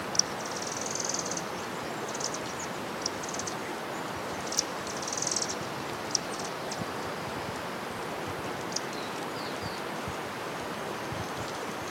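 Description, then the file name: Chestnut-winged Cinclodes calling with very high, thin buzzy trills lasting up to about a second, plus scattered sharp single notes, over a steady broad rushing background noise. "Cinclodes albidiventris - Chestnut-winged Cinclodes"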